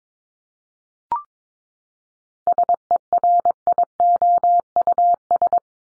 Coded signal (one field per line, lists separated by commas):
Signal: Morse code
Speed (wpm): 22 wpm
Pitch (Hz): 700 Hz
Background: none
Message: SERIOUS